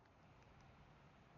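During a toolless blade change on a cordless dual-blade insulation jigsaw, a saw blade with a scalloped and a serrated edge is pushed into the jigsaw's blade holder. Only a steady, low broadband noise is heard, with no distinct click. Nothing has seated or clicked yet.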